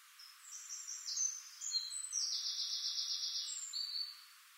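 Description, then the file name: Eurasian blackcap song: a few clear whistled notes, then a loud, even, rapidly repeated trill lasting over a second, ending in a short whistle. "Sylvia atricapilla"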